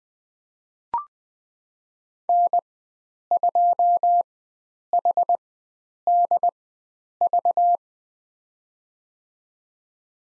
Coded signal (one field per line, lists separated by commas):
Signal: Morse code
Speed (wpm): 20 wpm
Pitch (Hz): 700 Hz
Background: none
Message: N2HDV